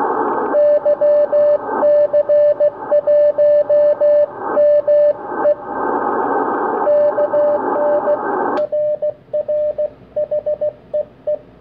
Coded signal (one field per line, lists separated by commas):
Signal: Morse code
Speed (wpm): 15 wpm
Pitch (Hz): 590 Hz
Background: music, radio noise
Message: YC1ME KN RR HEE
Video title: 500 Milliwatt QRPp YB1UUU - YC1ME